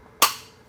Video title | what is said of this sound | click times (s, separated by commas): GX12i Maintenance & Disassembly | and there's that click again there are some Springs that are in here uh these Springs are what will move it | 0.2 s